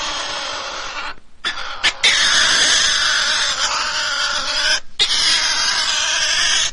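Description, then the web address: Pine marten screaming, a harsh, raspy, sustained wail with a few short breaks, broken by brief stuttering bursts near the start. "european pine marten"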